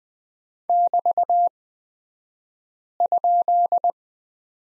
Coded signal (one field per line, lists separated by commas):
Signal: Morse code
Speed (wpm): 20 wpm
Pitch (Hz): 700 Hz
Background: none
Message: <BT>?